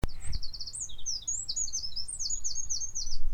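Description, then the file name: Eurasian wren song: a fast, high-pitched stream of trilled and twittering notes running without pause, over steady low rumbling noise. "Troglodytes troglodytes"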